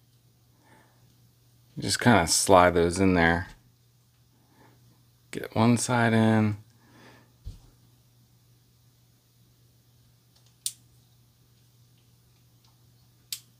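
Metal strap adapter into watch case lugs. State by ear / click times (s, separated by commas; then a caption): seated / 10.7 s, 13.3 s. A metal strap adapter on a spring bar is slid in one side and pushed into the lugs of a Casio AE1200 World Timer digital watch case while someone talks. After a quiet stretch, sharp snaps ring out at 10.7 s and 13.3 s as the adapter seats in the lugs.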